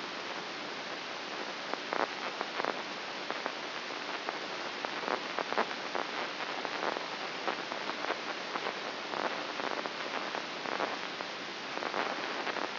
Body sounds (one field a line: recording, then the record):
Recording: brain microelectrode recording played as sound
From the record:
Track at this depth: inside the subthalamic nucleus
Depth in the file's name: 3.04 mm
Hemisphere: right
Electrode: 2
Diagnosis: Parkinson's disease